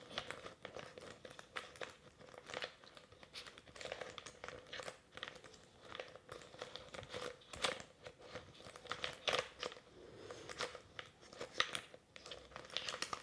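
Latex gloves and plastic rubbing and brushing against a microphone, producing dense, irregular crinkling and scratchy swipes throughout. Sharper snaps and clicks stand out every second or so, some bright and crisp, over a faint steady mid-pitched hum.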